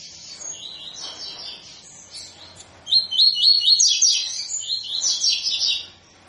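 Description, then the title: Double-collared seedeater song: a quiet twittering opening, then a loud run of rapid, high, repeated trilled notes lasting about three seconds. Tui-tui song style, used as a tutor song for teaching young birds. "COLEIRO TUI TUI FIBRA"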